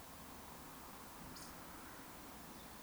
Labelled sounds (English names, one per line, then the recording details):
Eurasian Woodcock whistle
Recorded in Baden-Württemberg, Germany, on 18 June 2021 at 19:33 UTC
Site 49334, 1074 m above sea level